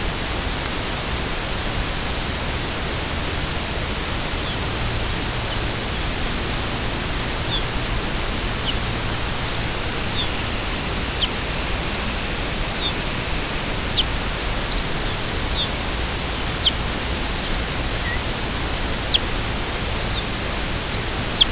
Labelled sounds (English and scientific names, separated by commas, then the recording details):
Lapland Longspur (Calcarius lapponicus), unidentified sound
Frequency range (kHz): Lapland Longspur (Calcarius lapponicus) 2.4-5.8 kHz
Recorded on Arctic tundra, site UTQI-0, on 13 June 2019
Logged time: 00:00